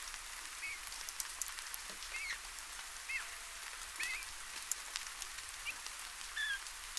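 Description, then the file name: Eurasian bullfinch giving soft piped call notes about every second, short and gently curving in pitch, with background patter and scattered clicks throughout. "Pyrrhula pyrrhula"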